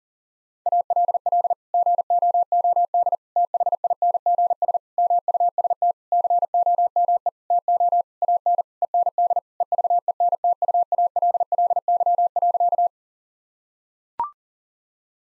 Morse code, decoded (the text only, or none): ALL GOOD THINGS MUST COME TO AN END EVENTUALLY.